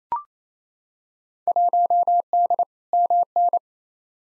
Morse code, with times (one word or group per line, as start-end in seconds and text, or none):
1.5-2.6 1D
2.9-3.6 MN